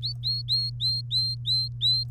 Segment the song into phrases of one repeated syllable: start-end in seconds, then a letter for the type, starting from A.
0.03-2.04 A